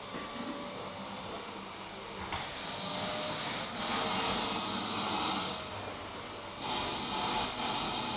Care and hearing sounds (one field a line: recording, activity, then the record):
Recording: daily activity, microphone in the room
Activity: vacuum cleaning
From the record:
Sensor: 3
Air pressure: 1010.2 hPa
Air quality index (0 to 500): 171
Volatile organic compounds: 10 ppm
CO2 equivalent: 2232 ppm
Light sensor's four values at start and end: 47/116/50/56 and 46/115/50/55